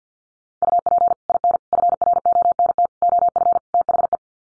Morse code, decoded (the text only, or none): UP IN FRONT OF THE